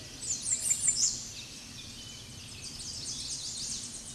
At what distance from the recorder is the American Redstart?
about 10 m